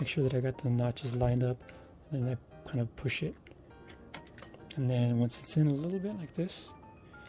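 A light unit for an electric skateboard is lined up by its notches and pushed part-way into its plastic mount while someone talks. A few faint handling taps come around 4.1 to 4.5 seconds. Nothing has seated or clicked yet.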